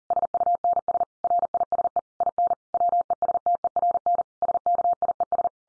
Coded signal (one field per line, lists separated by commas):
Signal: Morse code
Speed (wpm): 40 wpm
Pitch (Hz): 700 Hz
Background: none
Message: SUNS RISE IN WESTERN SKIES